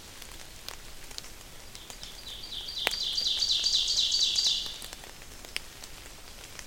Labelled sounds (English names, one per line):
Ovenbird song